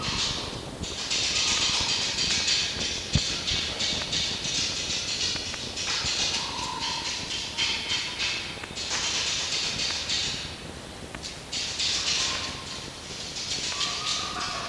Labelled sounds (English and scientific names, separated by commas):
Red Fox (Vulpes vulpes)